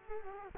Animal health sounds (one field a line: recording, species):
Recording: mosquito wingbeat signal from an infrared sensor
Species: Culex quinquefasciatus